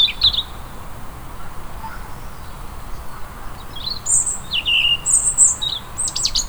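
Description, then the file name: European robin song: a single high note at first, then a flowing phrase of thin whistles, a falling slur and a fast high flourish. "Erithacus rubecula"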